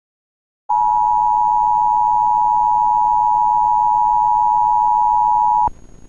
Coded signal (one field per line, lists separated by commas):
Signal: Emergency Alert System (SAME) tones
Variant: 853 and 960 Hz attention tone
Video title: the emergency alert system morning doe 445